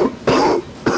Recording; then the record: coughing mixed with background sound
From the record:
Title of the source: Coughing 77